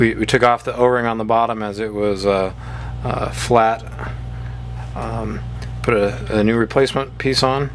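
A new 20 mm rubber O-ring, replacing the old one that was removed because it was flat, is being fitted into the groove on the bottom of an espresso machine group piston. Someone talks throughout over a steady low hum, with no distinct handling sounds. The clip ends before the part goes home, so nothing has seated or clicked yet.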